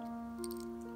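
A metal wristwatch bracelet clasp is opened and springs free from its catch with a very solid spring action. A short, sharp click is heard at 0.4 s over steady background music. The clasp releases.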